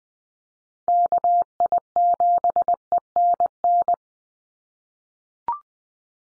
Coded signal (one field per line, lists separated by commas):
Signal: Morse code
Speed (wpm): 20 wpm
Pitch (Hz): 700 Hz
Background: none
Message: KI7ENN